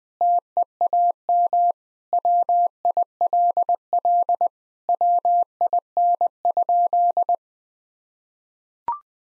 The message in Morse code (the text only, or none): TEAM WILL WIN?